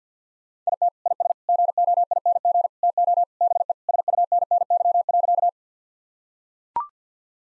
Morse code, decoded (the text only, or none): IT IS GOING TO BE SUNNY.